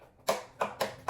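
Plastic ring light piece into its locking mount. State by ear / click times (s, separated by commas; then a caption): not seated / none. A plastic piece of a ring light stand is pushed toward its locking mount, giving four short, sharp clicks at about 0.3, 0.6, 0.8 and 1.1 seconds. The piece has not locked into its mount.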